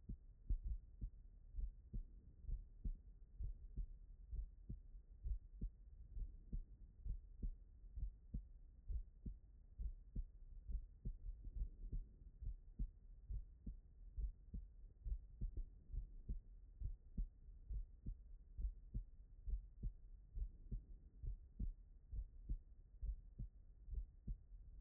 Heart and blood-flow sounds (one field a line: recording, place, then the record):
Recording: heart sounds by stethoscope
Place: tricuspid valve (TV)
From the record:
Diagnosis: non-HFrEF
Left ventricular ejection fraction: 69%